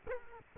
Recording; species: mosquito wingbeat signal from an infrared sensor; Culex quinquefasciatus